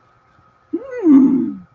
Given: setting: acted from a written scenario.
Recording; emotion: vocal sound without words; interest